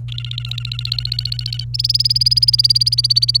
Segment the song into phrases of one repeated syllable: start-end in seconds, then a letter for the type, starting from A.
0.09-1.64 A, 1.74-3.37 B